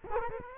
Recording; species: mosquito wingbeat signal from an infrared sensor; Culex quinquefasciatus